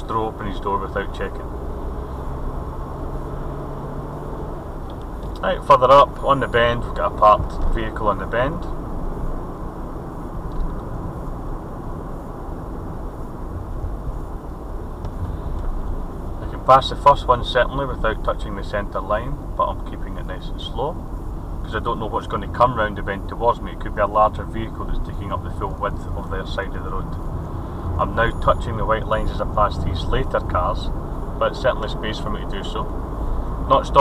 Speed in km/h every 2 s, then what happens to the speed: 35, 39, 40, 40, 44, 44, 42, 39, 34, 32, 29, 29, 29, 31, 34, 35, 40.
0-10 speeds up to 44. 10-20 slows to 29. 24-34 speeds up to 40.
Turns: none.